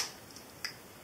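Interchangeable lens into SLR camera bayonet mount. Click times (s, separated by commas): 0.6 s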